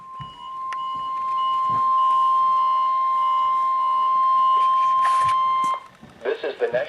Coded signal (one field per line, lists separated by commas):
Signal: Emergency Alert System (SAME) tones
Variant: 1050 Hz attention tone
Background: speech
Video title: EAS #1391: Another Test From Charleston on WXM71